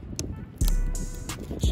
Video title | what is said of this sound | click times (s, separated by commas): HOW TO INSTALL LED SIDE MARKERS ON MY 2019 392 SCATPACK 😍 #led #led side maker #scat | that's connected make sure you hear a snap | 0.2 s